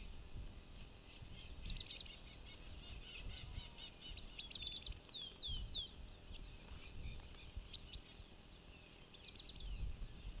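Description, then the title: Black-masked finch giving three short rapid clusters of high, thin notes a few seconds apart, with a steady high-pitched insect buzz running underneath throughout. "LuckyPassaro Completos2Sama. Black-masked Finch (Coryphaspiza melanotis)"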